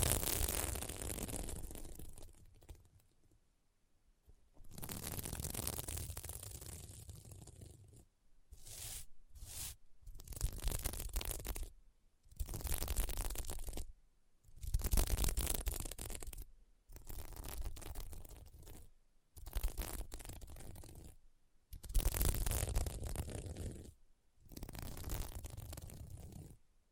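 Scratching on a sequined mermaid pillow comes in bursts of rough, crunchy scraping, each lasting one to three seconds. Short silent gaps separate the strokes, which repeat irregularly throughout. The scratches are dense and gritty, with a low rumble under a bright, hissy top.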